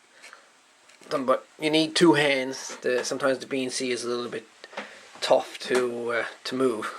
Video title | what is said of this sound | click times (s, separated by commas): Gotta love them adapters! | till it clicks | 0.3 s